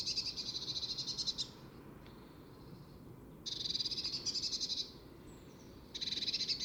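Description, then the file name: Eurasian blue tit churring: long, dry, rapidly pulsed buzzes, the first two lasting over a second, three bursts separated by quieter gaps with a faint high whistled note. "Cyanistes caeruleus"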